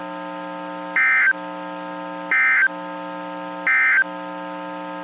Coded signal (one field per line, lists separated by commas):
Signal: Emergency Alert System (SAME) tones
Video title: EAS 1126-1129 (10/27/21)